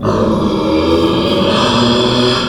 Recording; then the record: squeal of a Yucatan mini pig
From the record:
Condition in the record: after surgery on the right vocal fold (resection and tissue-engineered implant); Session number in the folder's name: 17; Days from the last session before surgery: 195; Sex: female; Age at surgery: 19 weeks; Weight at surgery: 25 kg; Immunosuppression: prednisolone